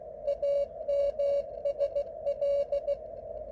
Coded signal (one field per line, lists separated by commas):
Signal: Morse code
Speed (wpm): 16 wpm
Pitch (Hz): 570 Hz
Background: radio noise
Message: AMSL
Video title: 2 meter beacon on my Elecraft KX3.